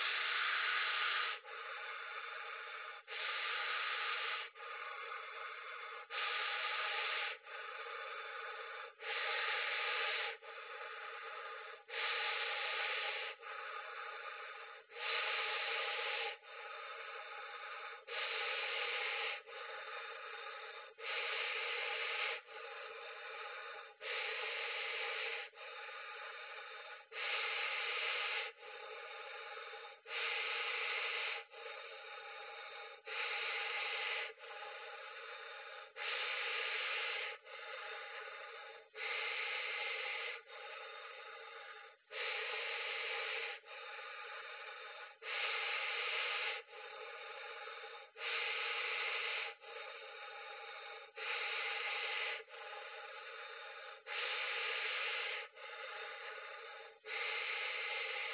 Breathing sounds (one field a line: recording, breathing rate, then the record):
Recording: paced breathing near a phone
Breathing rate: 20 breaths a minute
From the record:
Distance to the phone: 40 cm